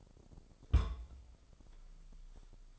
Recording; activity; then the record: daily activity, microphone in the room; place on stove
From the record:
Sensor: 5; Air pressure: 995.6 hPa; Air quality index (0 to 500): 102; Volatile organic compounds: 7 ppm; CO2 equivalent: 1951 ppm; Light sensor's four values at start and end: 34/82/34/35 and 35/83/34/35